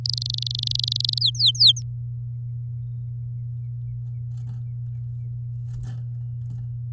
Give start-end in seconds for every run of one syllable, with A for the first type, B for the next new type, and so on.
0.05-1.19 A, 1.21-1.82 B